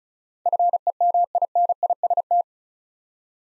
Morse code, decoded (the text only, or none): FEMINIST